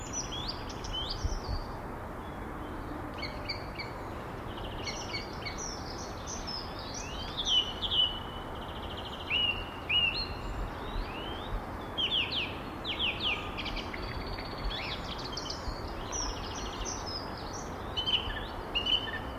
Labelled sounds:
Song Thrush (Turdus philomelos) song

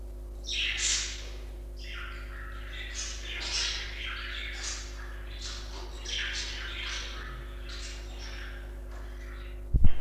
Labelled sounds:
Budgerigar (Melopsittacus undulatus) call

